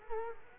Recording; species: mosquito wingbeat signal from an infrared sensor; Culex quinquefasciatus